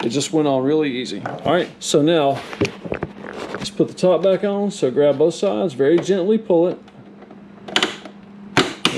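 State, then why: Seated. Someone talks while the plastic top cover of a Della mini-split indoor unit is pressed back down onto the housing. Two sharp snaps are heard at 8.6 s and 8.9 s as it clips on at both sides, and the cover is back in place.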